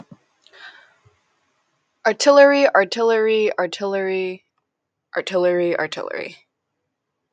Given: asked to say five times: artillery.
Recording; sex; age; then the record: repeated word; female; 18 to 19 years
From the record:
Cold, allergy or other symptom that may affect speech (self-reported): no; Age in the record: 18 years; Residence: Kentucky, United States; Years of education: 1